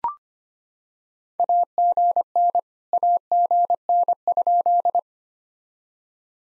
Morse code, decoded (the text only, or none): AGN AGN?